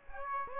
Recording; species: mosquito wingbeat signal from an infrared sensor; Aedes aegypti